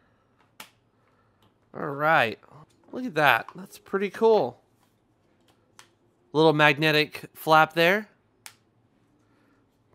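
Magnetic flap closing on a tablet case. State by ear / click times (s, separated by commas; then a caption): seated / 8.5 s. A small magnetic flap on a rugged Urban Armor Gear case for an iPad Mini 6 (2021) is closed and snaps into place with a sharp click at 8.5 seconds. Someone talks before the flap shuts, and it seats firmly with a satisfying click.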